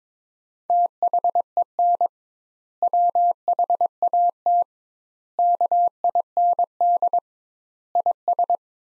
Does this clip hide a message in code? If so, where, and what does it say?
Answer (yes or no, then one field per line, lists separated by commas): yes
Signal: Morse code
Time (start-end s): 0.7-8.6 s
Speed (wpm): 22 wpm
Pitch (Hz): 700 Hz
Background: none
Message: THEN WHAT KIND IS